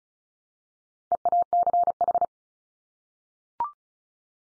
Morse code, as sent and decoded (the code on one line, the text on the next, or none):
. .- -.-. ....
EACH